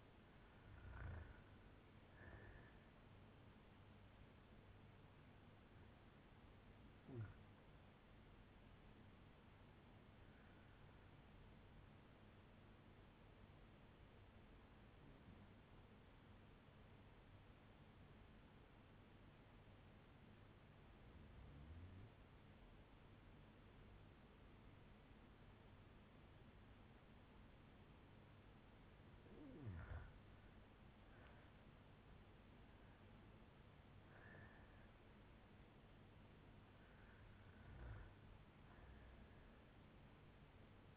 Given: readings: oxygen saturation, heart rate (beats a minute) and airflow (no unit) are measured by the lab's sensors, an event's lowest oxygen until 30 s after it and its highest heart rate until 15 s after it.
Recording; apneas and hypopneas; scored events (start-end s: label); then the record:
breathing in sleep by a voice recorder at the bedside; 1
12.00-34.50 s: hypopnea (REM, oxygen 95% highest, then 88% lowest, heart rate 64 at the start, 81 highest)
From the record:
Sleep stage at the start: REM sleep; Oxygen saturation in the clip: 88 to 97%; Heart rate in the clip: 57 to 81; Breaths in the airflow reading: 10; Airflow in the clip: -6.8 to 6.9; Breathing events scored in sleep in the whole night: 182 in 7.4 hours asleep